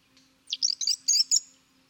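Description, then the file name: European robin song phrase: a quick string of high, tinkling warbled notes and twitters over a faint low hum. "Erithacus rubecula"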